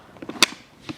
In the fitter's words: hear that click, it's a good sound.